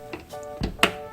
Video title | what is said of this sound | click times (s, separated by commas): PC사용 기본기 UP!컴퓨터교실 - 2020 관악랜선다문화축제 | 볼 때도 한쪽을 많죠 딱 소리가 나요 | 0.8 s